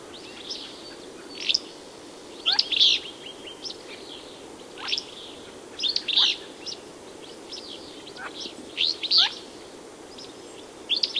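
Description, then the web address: Willow Flycatcher giving crisp high chirps at irregular intervals, several with quick downward-sliding tails, over a continuous background hiss. "Songs of Birds of North America Know Your Bird Sounds Common Western Species. Willow Flycatcher"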